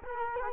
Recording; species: mosquito wingbeat signal from an infrared sensor; Culex quinquefasciatus